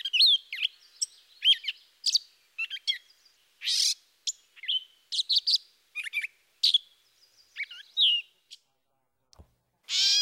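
Gray catbird song, a rambling, jumbled run of varied squeaky and chattering phrases with brief pauses.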